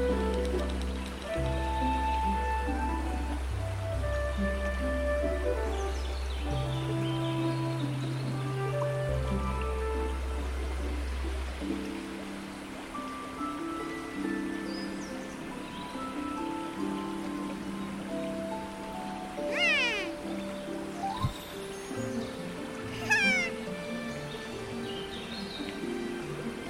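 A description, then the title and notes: Fantasy village music with sustained, overlapping tones: a deep held bass drone fills the first twelve seconds, then lighter melodic notes carry on at a steady, gentle level. Near 20 and 23 seconds, quick sliding whistle-like sounds sweep up and down, almost meow-like. Fantasy Mushroom Village Music & Ambience.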